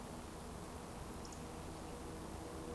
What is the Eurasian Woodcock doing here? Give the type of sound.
whistle